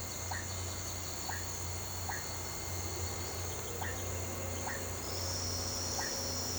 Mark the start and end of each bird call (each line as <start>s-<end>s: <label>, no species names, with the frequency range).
3.47s-4.68s: bird call (2.0-4.0 kHz)